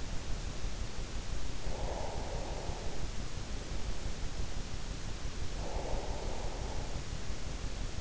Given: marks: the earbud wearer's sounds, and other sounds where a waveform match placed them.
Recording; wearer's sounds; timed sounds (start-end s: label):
sounds in sleep by an in-ear microphone; breath
1.73-4.38 s: breath
5.57-7.57 s: breath